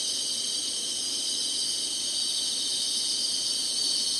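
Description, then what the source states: Continuous high insect chorus, rapid pulsing buzz in several layered bands, steady and dense from start to finish. Singing, in summer.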